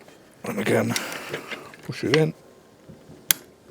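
Someone talks while a fan-pattern nozzle tip is pushed into the quick-release socket of a stubby compact pressure washer gun, made to fit a Parkside pressure washer. A sharp, bright click at 3.3 s marks the tip seating home, and it is then judged absolutely sound.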